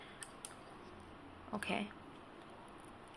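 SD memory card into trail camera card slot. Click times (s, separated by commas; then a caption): 0.2 s, 0.4 s. An SD memory card is pushed into the spring-loaded SD card slot of a Gemtune G-300S infrared trail camera until it latches, giving sharp clicks at 0.2 s and 0.5 s. The card is seated, and someone briefly talks afterward.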